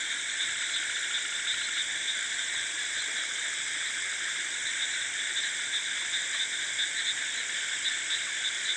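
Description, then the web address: Frogs and insects in a dense night chorus: a continuous high, buzzing shimmer in several bands, with no pauses. Rice field frogs with insects at night in South India, recorded both close and wide. "South India sound library by Faunethic Rice field frogs and insects close, wide at night"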